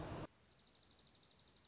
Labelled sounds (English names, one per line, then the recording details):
Dark-eyed Junco
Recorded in Sonoma County, California